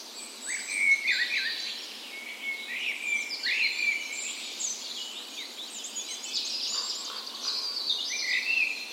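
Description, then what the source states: Birds: busy birds, several birds trilling and whistling over one another, loud bright phrases coming in waves. Birds recorded in the morning of 17 May, Norway's National Day, in a park in west Bergen, Norway, in spring; Sony PCM A10 recorder with LOM Usi microphones.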